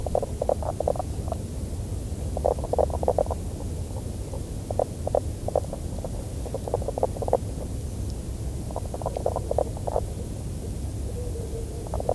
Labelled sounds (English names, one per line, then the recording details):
Common Spadefoot call
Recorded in the wild
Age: adult
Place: Falkenberger Rieselfelder, Barnim, Berlin, DE
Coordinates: 52.584, 13.554
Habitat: pond
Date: 1991-03-30 15:44
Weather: water: 10 °C
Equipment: Uher 4000 Report Monitor, Sennheiser MKH 416 T mit Windschutz
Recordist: Frommolt, Karl-Heinz